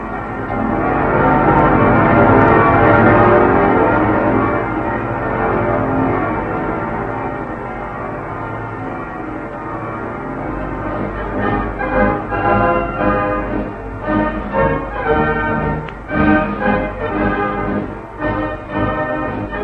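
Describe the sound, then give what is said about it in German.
Many church bells peal together in a loud, dense wash of overlapping metallic tones. The ringing later breaks into more distinct, irregular strikes, and no one speaks. “Von allen Türmen entbieten die Glocken der Stadt den Deutschen jenseits der Grenzen ihren ehernen Gruß.”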